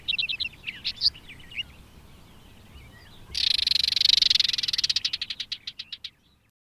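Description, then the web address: Barred warbler gives a few brisk warbled notes, then a harsh buzzing rattle that starts loud and breaks into slowing, fading ticks before stopping. "agykontroll Madardalok Cd 2. Karvalyposzáta"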